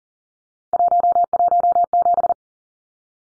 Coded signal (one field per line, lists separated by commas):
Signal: Morse code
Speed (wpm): 40 wpm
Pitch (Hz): 700 Hz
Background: none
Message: 117